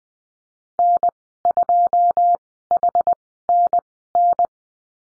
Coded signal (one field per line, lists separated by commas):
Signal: Morse code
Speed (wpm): 20 wpm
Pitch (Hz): 700 Hz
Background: none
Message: N2HNN